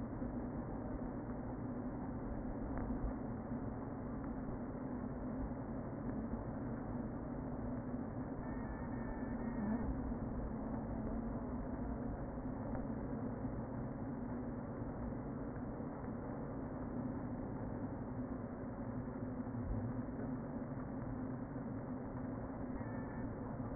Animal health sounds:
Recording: honeybee colony, microphone inside the hive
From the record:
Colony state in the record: queen present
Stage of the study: before two queens were removed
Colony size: about 60,000 bees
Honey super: yes

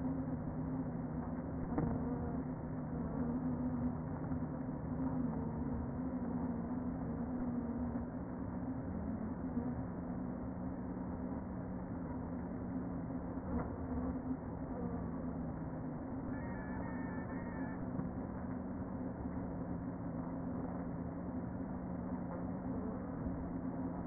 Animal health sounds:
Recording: honeybee colony, microphone inside the hive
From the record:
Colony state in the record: queen present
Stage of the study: before two queens were removed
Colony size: about 60,000 bees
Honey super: yes

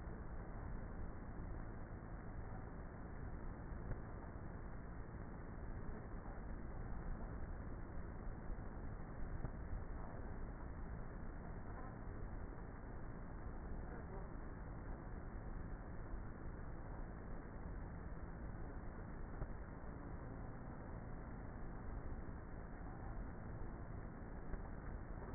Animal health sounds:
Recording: honeybee colony, microphone inside the hive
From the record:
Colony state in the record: queenless with a low population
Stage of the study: before two queens were removed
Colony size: about 30,000 bees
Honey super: no

